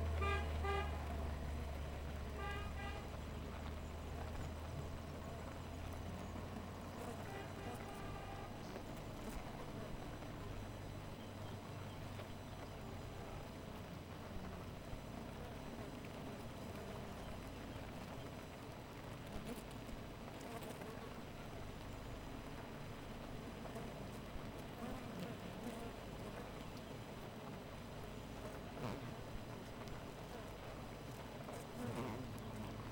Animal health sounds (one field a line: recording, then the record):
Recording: honeybee colony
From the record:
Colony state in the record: missing queen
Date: 14 July 2017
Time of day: 4:06